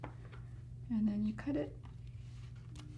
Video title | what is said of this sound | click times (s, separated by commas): Quyanaq Qaikaffi Pangma Nunaptingnun - Tunnganarniq Nunagijavut: Inuvik | you pull on this. You can hear a little click. | 0.0 s